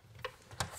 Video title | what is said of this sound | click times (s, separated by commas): 💧EXPOSED BIDET TOILET INSTALL - Vitra Vitrus Install | and then we'll pop this cleat up just here until it clicks in like that and there we go that's now in and | 0.2 s, 0.6 s